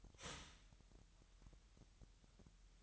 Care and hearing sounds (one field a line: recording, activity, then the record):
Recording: daily activity, microphone in the room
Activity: start toaster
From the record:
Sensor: 3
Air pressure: 1001.9 hPa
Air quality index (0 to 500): 246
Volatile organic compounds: 49 ppm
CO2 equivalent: 3285 ppm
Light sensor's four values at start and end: 13/40/17/15 and 13/40/17/15